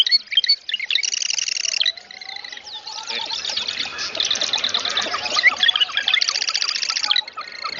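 Marsh wren song: high, buzzy, rattling trills repeated in quick bursts, with chattering phrases.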